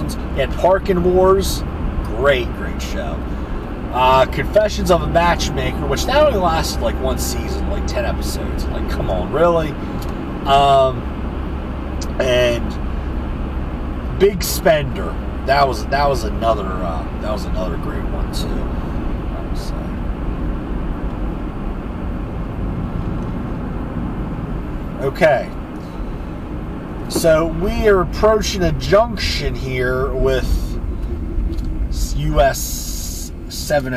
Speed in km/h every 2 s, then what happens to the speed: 79, 77, 77, 81, 82, 82, 82, 79, 77, 74, 71, 69, 68, 64, 52, 39, 27.
0-12 steady at about 81. 12-34 slows to 27.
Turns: none.